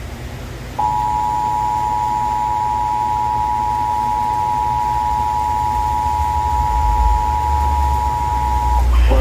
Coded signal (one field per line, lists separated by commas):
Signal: Emergency Alert System (SAME) tones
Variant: 853 and 960 Hz attention tone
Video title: NOAA EAS Alert #31/ TV EAS Alert #16: Flash Flood Warning (FFW) San Bernardino County, CA (WXM66)